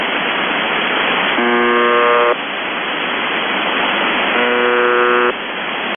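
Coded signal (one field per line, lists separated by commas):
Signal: numbers station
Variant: UVB-76 (The Buzzer)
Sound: steady radio hiss with two harsh low buzzes, each about one second, three seconds apart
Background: radio static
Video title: The Buzzer/UVB-76(4625Khz) December 8, 2021 12:26UTC Voice message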